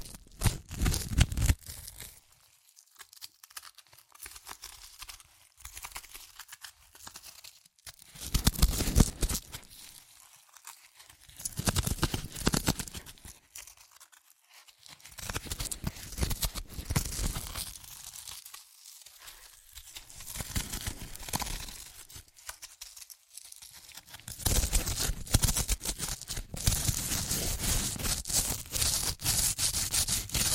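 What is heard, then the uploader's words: Chips are crushed and crinkled, in bursts of crunching and rustling separated by short near-silent pauses. Bright crackly bursts come around 8–9, 15–16, 20 and 24 seconds, and the final stretch is a steady, dense crunching. Satisfying Chips Crunchy Crushing & Eating Sounds (No Talking).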